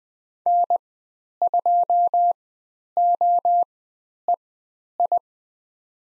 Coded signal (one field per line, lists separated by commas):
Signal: Morse code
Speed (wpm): 20 wpm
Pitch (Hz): 700 Hz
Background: none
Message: N2OEI